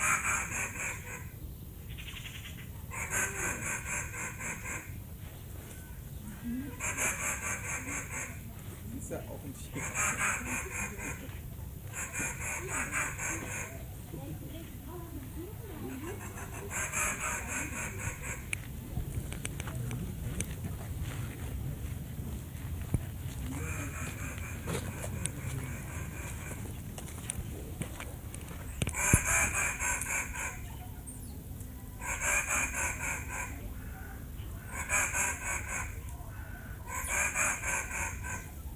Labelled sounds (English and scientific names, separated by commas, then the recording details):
Banded Mongoose (Mungos mungo)
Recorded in captivity
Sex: group
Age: diverse
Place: Tierpark Berlin, Berlin, DE
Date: 2008-08-26 17:30
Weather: overcast, ca. 22°C
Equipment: Sony WM-D6C, Sennheiser ME 80, Kopie Uher 4000 Report Monitor
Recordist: Tembrock, Günter